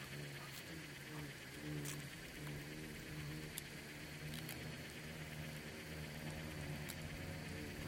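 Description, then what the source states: Swarming insects give a continuous low drone with a few faint clicks over a quiet background. Bugs and beetles swarming in the Namib desert; a quiet desert soundscape of micro-sounds.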